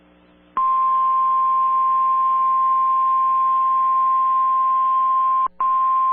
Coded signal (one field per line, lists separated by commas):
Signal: Emergency Alert System (SAME) tones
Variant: 1050 Hz attention tone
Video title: (VALID TONES) EAS Severe Thunderstorm Warning for Oklahoma! (04/27/24)